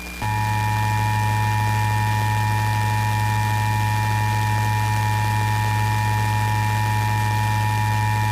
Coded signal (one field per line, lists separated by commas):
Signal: Emergency Alert System (SAME) tones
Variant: 853 and 960 Hz attention tone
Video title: Pennsylvania Required Monthly Tests (12/15/22)(EAS 1311-1321)